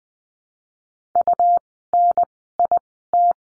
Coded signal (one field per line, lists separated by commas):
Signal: Morse code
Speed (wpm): 20 wpm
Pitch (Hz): 700 Hz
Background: none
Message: UNIT